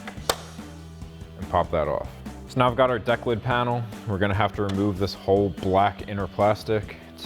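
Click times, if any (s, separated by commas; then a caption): 0.3 s. On a 2024–2026 Mustang, the brown locking tab on the plastic camera wiring connector in the trunk lid harness is pressed and the connector is pulled apart, giving a sharp, short click at 0.3 s as it unlatches and releases. Someone then talks over background music for the rest of the clip.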